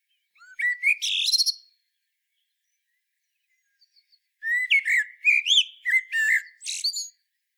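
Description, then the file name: Common blackbird song, a short fluted phrase, a pause of nearly three seconds, then a longer phrase of varied whistles and high squeaks. "Turdus merula"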